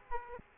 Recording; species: mosquito wingbeat signal from an infrared sensor; Aedes aegypti